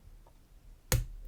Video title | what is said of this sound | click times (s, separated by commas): Early PacLock 900 Pick and Gut | 5, and oh yeah, oh wow, we're open already. | 0.9 s